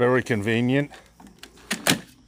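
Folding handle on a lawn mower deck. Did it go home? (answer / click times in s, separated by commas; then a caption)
yes / 1.9 s. Someone talks as the folding handle of a Ryobi cordless lawn mower, a metal and plastic frame on the mower deck, is moved into position. A few faint knocks follow, then a sharp click at 1.9 s as the handle clicks into place and is seated.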